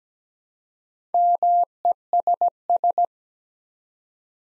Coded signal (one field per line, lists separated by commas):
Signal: Morse code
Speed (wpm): 17 wpm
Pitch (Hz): 700 Hz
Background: none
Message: MESS